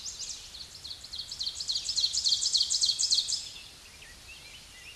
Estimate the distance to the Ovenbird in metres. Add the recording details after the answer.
about 10 m. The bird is about 5 m above the microphone. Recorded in a Pennsylvania forest on 16 May 2024 at 07:18. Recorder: AudioMoth, point MSD-2376. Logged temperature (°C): 16.7 °C. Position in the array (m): 147 m, 5 m